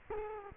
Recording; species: mosquito wingbeat signal from an infrared sensor; Culex quinquefasciatus